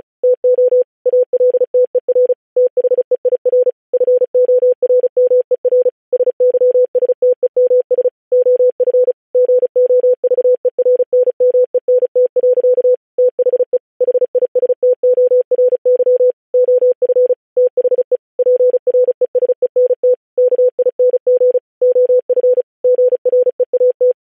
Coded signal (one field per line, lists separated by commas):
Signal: Morse code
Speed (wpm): 36 wpm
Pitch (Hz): 500 Hz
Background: none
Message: TO ALTER THEIR FORMER SYSTEMS OF GOVERNMENT. THE HISTORY OF THE PRESENT KING OF GREAT